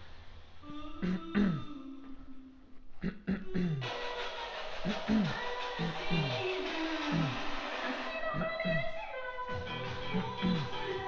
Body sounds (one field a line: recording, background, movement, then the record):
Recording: throat clearing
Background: music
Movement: walking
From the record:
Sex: male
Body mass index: 20.5 kg/m2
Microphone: on the chest, facing outward